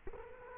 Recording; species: mosquito wingbeat signal from an infrared sensor; Culex quinquefasciatus